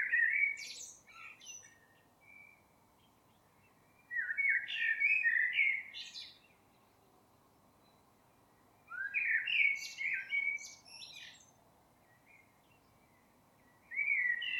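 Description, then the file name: Common blackbird song: mellow fluted warbling phrases ending in high squeaky twitters, four phrases roughly every four to five seconds with quiet gaps between. "Turdus merula"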